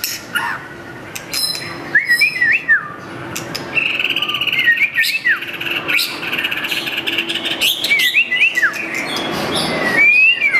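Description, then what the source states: White-rumped shama: songbird delivering looping whistled slurs and chirps, with a steady high buzzing tone behind much and louder varied notes toward the end. Training song for teaching cage birds.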